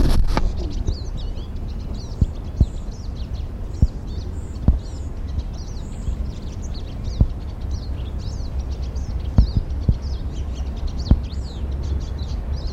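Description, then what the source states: Pied siskin song, a continuous stream of high twittering, buzzy notes, with sharp clicks scattered throughout and a steady low rumble beneath. Sung in flight and from a perch; bird flew across the recording area, then sang from a small tree next to a road.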